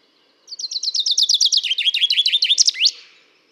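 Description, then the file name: Common chaffinch song: a fast descending series of bright chipping notes that speeds into a trill and ends with a sharp upward flourish, lasting about two and a half seconds. "Fringilla coelebs"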